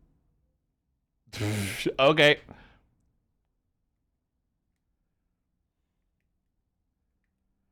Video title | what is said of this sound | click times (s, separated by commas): [Repair Shop] S01E02 | That didn't latch in. | none